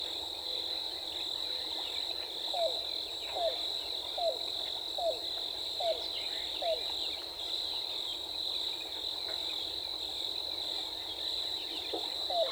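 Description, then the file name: Yellow-billed cuckoo calling a run of around seven low, knocking notes spaced evenly under a second apart, with steady insect buzzing behind. Recorded 14 April 2018. "2018-04-14 YBCU"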